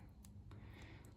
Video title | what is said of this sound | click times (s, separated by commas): DRZ400 No Spark-FIXED! Plus top end rebuild! | that one's locked in. | 0.2 s